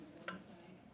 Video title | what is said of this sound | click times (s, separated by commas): homelite 26ss trimmer carburetor fuel line repair | it in like that and then it clicks right in | 0.3 s